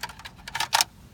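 A plastic hazard switch on a 2005-2009 MK5 Volkswagen is pushed out of its dash opening from the other side while its tabs are pressed in by two fingers, giving a quick series of light plastic clicks and ticks. The loudest snap comes at 0.8 s as the switch pops free and is confirmed released from the dash.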